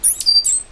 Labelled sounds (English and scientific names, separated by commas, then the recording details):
Stitchbird (Notiomystis cincta) song
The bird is a male
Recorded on Tiritiri Matangi Island, New Zealand, in 2005
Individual 8, of nest box 10